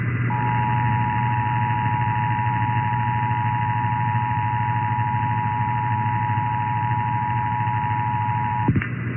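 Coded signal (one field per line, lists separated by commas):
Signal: Emergency Alert System (SAME) tones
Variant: 853 and 960 Hz attention tone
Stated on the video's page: Recorded Tennessee required monthly EAS tests.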